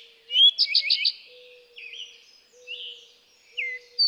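Eastern towhee song: a short note and a quick trill near the start, followed by scattered softer slurred notes.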